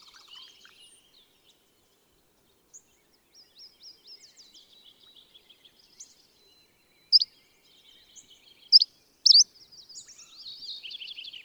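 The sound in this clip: Bird song: soft scattered twitters for several seconds, then a few loud sharp high chirps and a closing run of buzzy trills.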